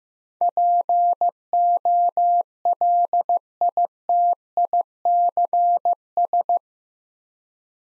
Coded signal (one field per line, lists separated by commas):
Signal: Morse code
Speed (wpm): 15 wpm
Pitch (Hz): 700 Hz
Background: none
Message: POLITICS